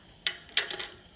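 A bracket on a home-made alpaca pen panel is pushed onto a post and locks in place. Two sharp clicks are heard at 0.3 s and 0.6 s, followed by a few softer ticks, and the bracket is seated on the post.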